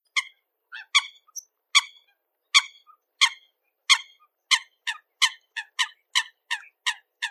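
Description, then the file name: Eurasian coot giving short, sharp, harmonic calls, first spaced irregularly, then repeated faster in a steady run. "folaga"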